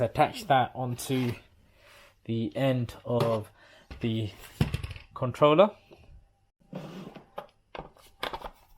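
Someone talks while pushing the high-pressure hose end onto the end of the trigger gun (controller) of a Karcher K7 Premium Smart Control pressure washer. After the speech, short sharp plastic knocks land at about 7.4, 7.8, 8.2 and 8.3 seconds as the coupling is handled. The hose has not clicked in or seated yet when the clip ends.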